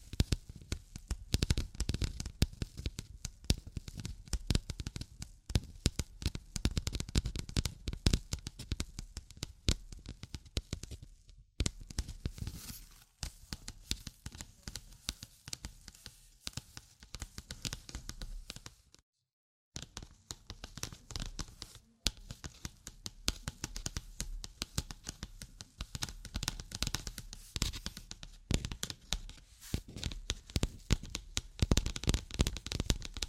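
Dense, rapid tapping and scratching fill the recording, a crackling stream of sharp clicks with rough, brushy strokes between them. The activity runs continuously, with brief quieter spells near 11 and 22 seconds and a full silent gap just after 19 seconds.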